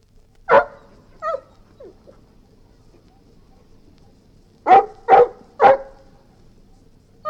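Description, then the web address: Golden retriever barking: a loud bark, a softer bark and short whines, then after a pause a quick run of three barks and another at the end. "Golden Retriever barking & whining"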